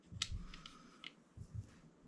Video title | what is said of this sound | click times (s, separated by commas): The Cue Tang Clan #011 #WhyteCarbonShafts #triple60 #fedorgorst #vikingcues all about Whyte Carbon | push it in until you hear it click a little bit and then you can start fastening it down | 0.2 s